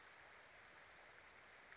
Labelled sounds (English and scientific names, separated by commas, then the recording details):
Western Flycatcher (Empidonax difficilis)
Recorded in Sonoma County, California